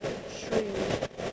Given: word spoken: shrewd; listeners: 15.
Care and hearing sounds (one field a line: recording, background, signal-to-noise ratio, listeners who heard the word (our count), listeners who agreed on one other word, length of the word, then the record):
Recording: one English word in noise, from a listening test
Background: noise modulated by three-talker babble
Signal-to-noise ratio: -5.5 dB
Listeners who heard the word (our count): 5 of 15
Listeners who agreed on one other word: 6 of 15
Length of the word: 0.92 s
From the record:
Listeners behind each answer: 6, 5, 2, 1, 1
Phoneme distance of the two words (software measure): 17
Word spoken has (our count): 1 syllable, 4 phonemes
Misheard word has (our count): 1 syllable, 3 phonemes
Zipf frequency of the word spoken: 3.24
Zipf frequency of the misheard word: 5.33